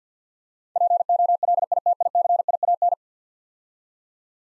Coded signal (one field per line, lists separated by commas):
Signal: Morse code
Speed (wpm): 51 wpm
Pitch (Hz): 700 Hz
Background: none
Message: POLITICIAN